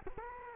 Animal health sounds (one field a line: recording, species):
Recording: mosquito wingbeat signal from an infrared sensor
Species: Culex quinquefasciatus